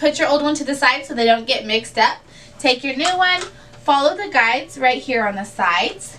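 A woman talks while handling a new plastic toner cartridge for an HP LaserJet Pro M401 laser printer, setting the old cartridge aside and lining the new one up with the side guides of the cartridge bay. The clip ends before the cartridge goes in: nothing has seated or clicked yet, and that click is what would show it is in place correctly.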